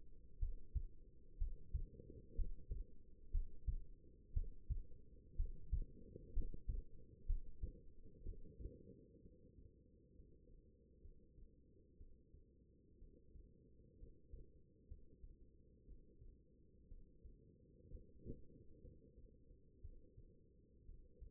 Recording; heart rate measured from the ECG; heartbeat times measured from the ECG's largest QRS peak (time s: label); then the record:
heart sounds by stethoscope; 62 bpm
0.39 s: heartbeat
1.38 s: heartbeat
2.35 s: heartbeat
3.31 s: heartbeat
4.33 s: heartbeat
5.36 s: heartbeat
6.32 s: heartbeat
7.26 s: heartbeat
8.22 s: heartbeat
9.21 s: heartbeat
10.13 s: heartbeat
11.01 s: heartbeat
11.97 s: heartbeat
12.98 s: heartbeat
13.97 s: heartbeat
14.87 s: heartbeat
15.84 s: heartbeat
16.88 s: heartbeat
17.88 s: heartbeat
18.81 s: heartbeat
19.81 s: heartbeat
20.85 s: heartbeat
From the record:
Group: healthy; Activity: rest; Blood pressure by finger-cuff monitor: 104/67 mmHg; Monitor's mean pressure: 78 mmHg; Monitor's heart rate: 62 bpm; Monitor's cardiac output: 5 L/min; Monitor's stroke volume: 80 mL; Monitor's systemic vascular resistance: 1130 dyn s/cm5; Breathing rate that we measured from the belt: 15 breaths a minute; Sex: female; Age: 22 years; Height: 171 cm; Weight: 65.6 kg